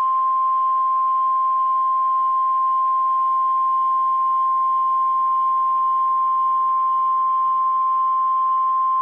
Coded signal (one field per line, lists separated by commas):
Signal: Emergency Alert System (SAME) tones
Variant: 1050 Hz attention tone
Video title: EAS Alert #117- Severe T-storm Warning 5-29-12